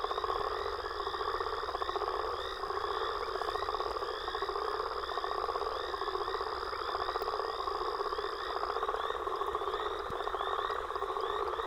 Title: Frog And Toad Chorus Post Storm With Thunder